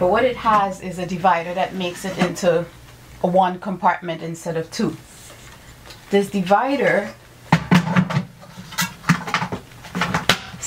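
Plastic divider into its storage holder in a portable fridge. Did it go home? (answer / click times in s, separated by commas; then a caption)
yes / 10.3 s. Someone talks while the plastic compartment divider of an EcoFlow Glacier portable fridge is pushed into its storage slot, where it is kept when not in use as a divider. After the talking, a series of short plastic knocks and clatters begins at about 7.5 s. The divider snaps into place with the loudest hit at 10.3 s.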